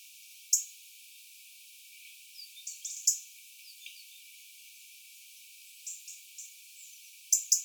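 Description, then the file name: European robin giving loud, isolated sharp ticks, with soft scattered chips and faint thin notes between them. "Erithacus rubecula"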